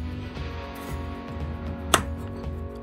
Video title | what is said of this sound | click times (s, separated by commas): Amazon Flat Bench Review - Utility Workout - Men Over 50 | i will say it's a satisfying click well semi it's | 1.9 s